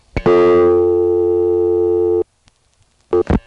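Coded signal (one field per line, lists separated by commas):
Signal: telephone call progress tone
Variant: North America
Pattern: dial tone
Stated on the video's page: Step-by-step switching office tones in Harrisonburg, Virginia, recorded in August 1976 on a phone trip.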